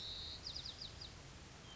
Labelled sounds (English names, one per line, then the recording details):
White-crowned Sparrow
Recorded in Sonoma County, California